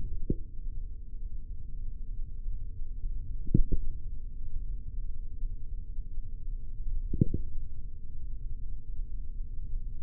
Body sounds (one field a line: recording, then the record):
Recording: forearm muscle sounds (acoustic myography)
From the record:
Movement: finger pinch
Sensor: system 3, bracelet of six PUI Audio POM-2738L microphones around the upper forearm, with dedicated amplification and filtering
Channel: 3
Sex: male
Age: 43 years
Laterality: right